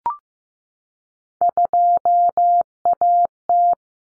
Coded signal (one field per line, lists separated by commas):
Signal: Morse code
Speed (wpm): 15 wpm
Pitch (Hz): 700 Hz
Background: none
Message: 2AT